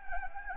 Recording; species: mosquito wingbeat signal from an infrared sensor; Anopheles gambiae